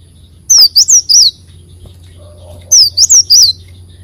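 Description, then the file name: Leafbird song: two bursts of three high, loud, sliding whistled notes, about two seconds apart, over a low steady hum. "Tieng chim xanh tim"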